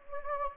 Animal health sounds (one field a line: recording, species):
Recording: mosquito wingbeat signal from an infrared sensor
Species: Anopheles gambiae